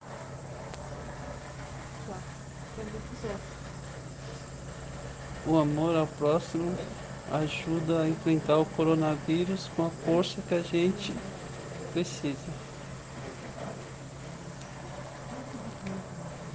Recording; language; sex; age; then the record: spoken sentence; Brazilian Portuguese; male; 40 to 49 years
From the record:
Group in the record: respiratory insufficiency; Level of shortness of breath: 5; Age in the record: 47 years